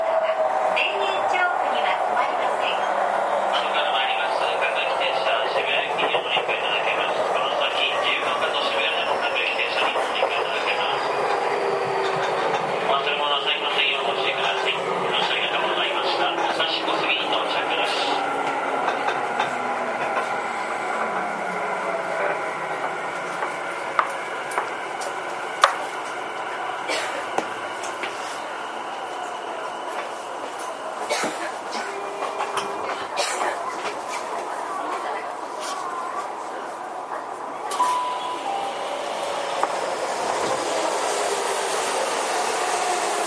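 A Tokyu 5050 series train runs along the Toyoko Line, its motor and wheel noise forming a steady, dense roar throughout. Rising and falling whines sweep through the middle pitches, with sharp clicks and rail knocks scattered after about twenty seconds, and faint voices underneath.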